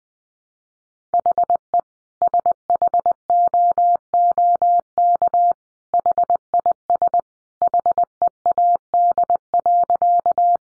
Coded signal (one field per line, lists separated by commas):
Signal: Morse code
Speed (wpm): 20 wpm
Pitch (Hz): 700 Hz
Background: none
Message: HE SHOOK HIS HEAD.